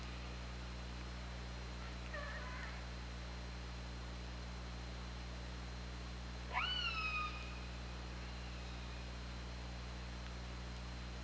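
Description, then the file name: Orca calls: a faint harmonic call, then a loud sharply rising call that levels into a drawn-out tone with stacked harmonics, over a steady low hum and a constant high tone. Recorded on 24 August 2017 at about 21:32. "Orca Lab"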